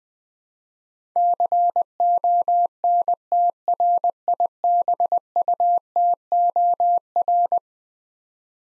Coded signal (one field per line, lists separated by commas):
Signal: Morse code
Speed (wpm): 20 wpm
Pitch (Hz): 700 Hz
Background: none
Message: CONTRIBUTOR